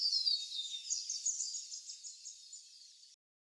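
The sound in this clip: Scarlet honeyeater song, a fast, high tinkling series of notes lasting about three seconds, fading toward the end.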